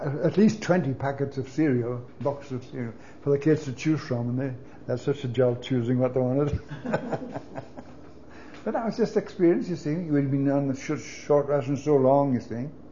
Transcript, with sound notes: at least twenty packets of cereal, boxes of cereal for the kids to choose from and they— that's such a job choosing what they wanted (laughs) but that was our experience you see. You had been on short rations for so long you see.